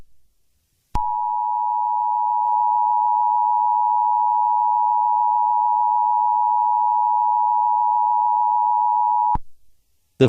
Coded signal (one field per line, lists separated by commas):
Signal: Emergency Alert System (SAME) tones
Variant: 853 and 960 Hz attention tone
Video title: EAS Scenario #3: Werewolf Invasion: Resistance.